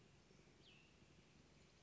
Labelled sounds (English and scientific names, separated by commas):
Cassin's Vireo (Vireo cassinii)